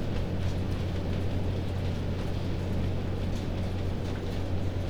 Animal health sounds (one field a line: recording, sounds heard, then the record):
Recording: poultry house recording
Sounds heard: no chicken sound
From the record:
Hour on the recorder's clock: 21